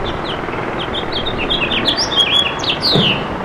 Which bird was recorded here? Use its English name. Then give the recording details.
House Finch. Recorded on Long Island, New York, on 27 June 2012. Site BE. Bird A